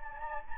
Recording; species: mosquito wingbeat signal from an infrared sensor; Anopheles gambiae